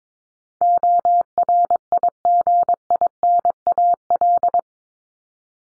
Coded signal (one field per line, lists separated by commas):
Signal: Morse code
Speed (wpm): 22 wpm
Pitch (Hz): 700 Hz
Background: none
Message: ORIGINAL